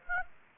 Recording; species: mosquito wingbeat signal from an infrared sensor; Aedes aegypti